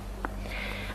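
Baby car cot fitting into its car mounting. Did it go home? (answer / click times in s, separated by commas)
yes / 0.2 s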